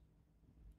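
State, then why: Not seated. A plastic Märklin 74470 lantern is being placed onto a Trix model railway switch point, turned to face the camera before being pressed home. Only faint, low handling rumble is heard, with no distinct sounds. Nothing has seated or clicked yet.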